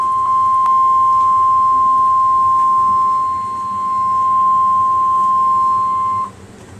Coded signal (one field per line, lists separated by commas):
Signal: Emergency Alert System (SAME) tones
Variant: 1050 Hz attention tone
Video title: EAS #664: Tornado Warning (5/18/2013)